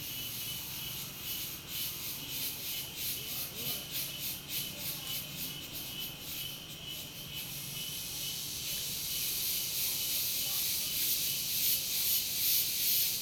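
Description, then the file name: Cicadas shrill in a high chorus that pulses rhythmically for about seven seconds, then settles into a steadier drone. Many cicadas recorded in the morning in a rural community. "Muitas cigarras de manha em comunidade rural vozes longes caminhao passando"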